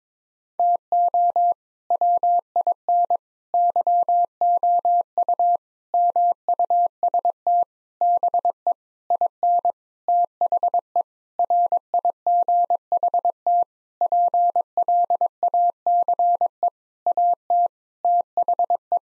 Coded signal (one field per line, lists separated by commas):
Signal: Morse code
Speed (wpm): 22 wpm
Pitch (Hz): 700 Hz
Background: none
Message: TO WIN YOU MUST BE IN THE RIGHT PLACE AT THE